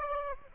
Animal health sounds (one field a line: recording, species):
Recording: mosquito wingbeat signal from an infrared sensor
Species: Aedes aegypti